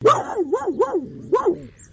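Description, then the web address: Australian cattle dog barking, short yelping barks with rising and falling pitch in a quick run of several, ending with a softer tail. "Sound Effects-Foundation 1. DOG BLUE HEALER BARK"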